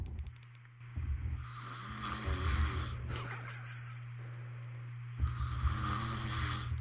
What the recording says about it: Your snoring's unreal. That is all night. He is non-stop.